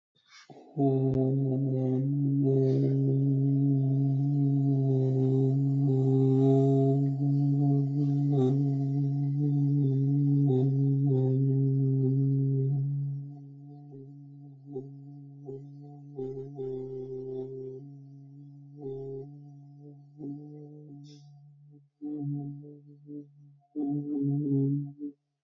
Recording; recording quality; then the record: sustained vowel as in boot; excellent, no background noise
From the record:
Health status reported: healthy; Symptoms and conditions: hypertension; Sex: male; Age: 35 years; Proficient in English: yes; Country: Canada